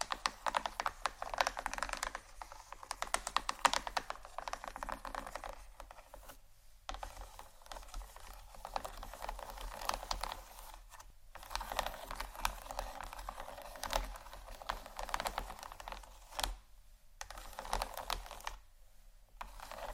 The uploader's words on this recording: ASMR Gentle Scratching For Sleep（No Talking）.